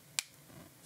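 A plastic cap is pushed onto a highlighter marker's barrel and snaps shut with a single sharp, bright click at 0.2 s, followed by faint low handling noise. The cap seats fully with a very satisfying click, closing tightly so the marker does not dry out.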